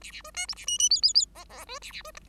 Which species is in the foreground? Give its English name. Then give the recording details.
Bengalese Finch. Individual Bird5